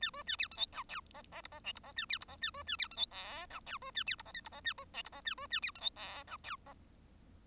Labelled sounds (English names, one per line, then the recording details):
Bengalese Finch song
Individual Bird1